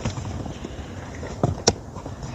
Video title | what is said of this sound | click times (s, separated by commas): New Toy! Mercedes-Benz G63 Ride on with Remote Control Assembly Video | you'll hear some click | 1.7 s